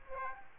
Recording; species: mosquito wingbeat signal from an infrared sensor; Aedes aegypti